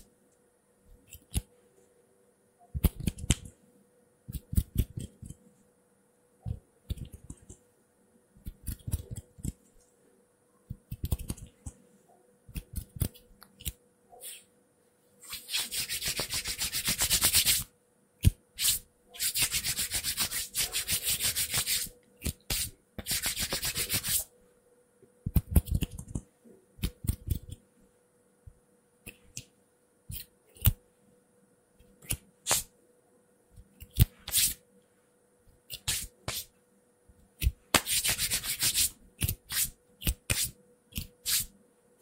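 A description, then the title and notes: Hand sounds come in quick, irregular bursts of rubbing, brushing and tapping, with short silences between. Longer bright rubbing stretches run from about 15 to 24 seconds and again near 37 seconds, over a faint steady hum. ASMR Fast & unpredictable hand sounds hand movements (No Talking).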